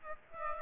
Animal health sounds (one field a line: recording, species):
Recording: mosquito wingbeat signal from an infrared sensor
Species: Aedes aegypti